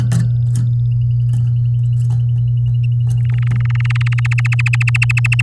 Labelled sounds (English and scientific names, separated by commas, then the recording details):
Domestic Canary (Serinus canaria) song
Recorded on 9 May 2018 at 06:05
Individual llb16